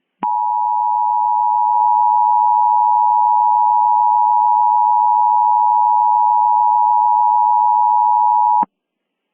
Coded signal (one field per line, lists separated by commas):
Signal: Emergency Alert System (SAME) tones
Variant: 853 and 960 Hz attention tone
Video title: EAS Mock: Ring of Fire